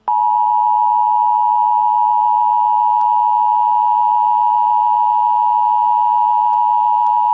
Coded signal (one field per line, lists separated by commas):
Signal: Emergency Alert System (SAME) tones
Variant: 853 and 960 Hz attention tone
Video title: EAS local area emergency